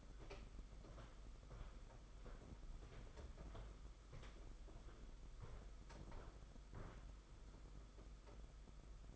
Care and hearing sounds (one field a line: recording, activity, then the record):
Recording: daily activity, microphone in the room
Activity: walk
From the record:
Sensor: 5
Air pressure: 991.8 hPa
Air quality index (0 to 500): 158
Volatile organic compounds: 274 ppm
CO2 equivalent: 4421 ppm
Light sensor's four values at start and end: 32/108/40/43 and 32/108/40/43